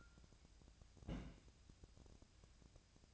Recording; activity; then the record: daily activity, microphone in the room; place on stove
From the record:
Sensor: 2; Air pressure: 999.8 hPa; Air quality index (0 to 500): 123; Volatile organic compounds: 2 ppm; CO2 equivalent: 1062 ppm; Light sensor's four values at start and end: 36/88/38/43 and 36/87/38/43